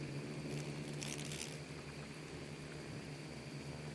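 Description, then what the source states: Insects: low humming buzz of swarming insects, steady throughout, with one short rustling hiss near the start. Bugs and beetles swarming in the Namib desert, which seems quiet at first listen but is full of micro-sounds.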